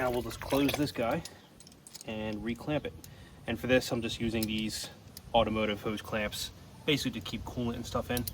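Someone talks while handling an automotive hose pinch-off clamp on a rubber coolant hose, getting ready to squeeze it shut to close off the hose for a SeaDoo intercooler pressure test. Light metallic handling sounds are heard between the speech. The clip ends before the clamp goes home; nothing has seated or clicked yet.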